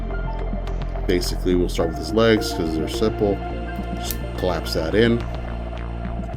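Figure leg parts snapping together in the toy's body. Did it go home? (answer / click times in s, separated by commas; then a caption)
no / none. Someone talks over background music while handling a plastic Studio Series Bonecrusher action figure, collapsing its legs together during transformation to vehicle mode. Faint handling noises come at about 0.7, 0.8 and 1.0 s. The legs have not snapped into place yet, and nothing has seated or clicked.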